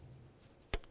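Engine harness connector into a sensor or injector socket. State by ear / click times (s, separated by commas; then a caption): seated / 0.7 s. An engine wiring harness connector on a 2009–2020 Dodge Journey, reinstalled during an upper intake gasket replacement, is pushed onto its plastic sensor or injector socket before its red locking tab is pushed up. After a quiet low hum, one sharp, bright click sounds at 0.7 seconds, and the connector is seated.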